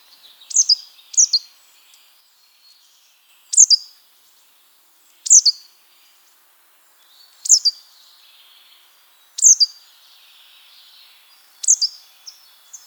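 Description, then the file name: Great tit calling: sharp downslurred high notes, sometimes in pairs, repeated at intervals against a quiet background. "Parus major"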